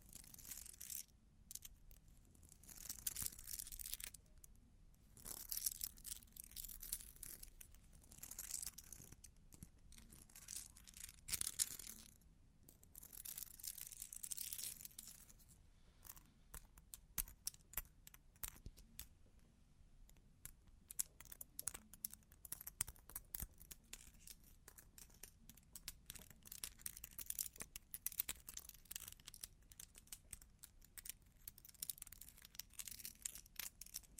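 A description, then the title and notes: Long claws tap and scratch in irregular bursts, with bright rasping strokes clustered in the first half, around 0–4, 6–10 and 12–15 seconds. Later the sound turns into dense, rapid clicking taps, fairly steady through to the end, over a soft low rumble. Long Claws Tapping and Scratching (No Talking).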